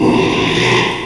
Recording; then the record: squeal of a Yucatan mini pig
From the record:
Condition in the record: after surgery on the right vocal fold (resection and tissue-engineered implant); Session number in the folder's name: 1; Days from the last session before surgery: 6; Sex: male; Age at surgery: 12 weeks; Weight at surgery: 13 kg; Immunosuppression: cyclosporine, prednisolone